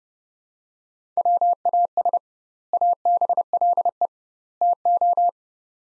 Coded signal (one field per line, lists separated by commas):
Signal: Morse code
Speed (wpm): 30 wpm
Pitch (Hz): 700 Hz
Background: none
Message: WAS ABLE TO